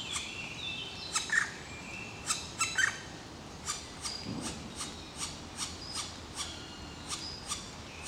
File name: Zwarte Specht Dryocopus martius